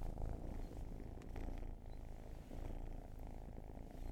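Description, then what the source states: Cat purr, a dense low rumble with short swells and dips in loudness over a few seconds. Long purring session.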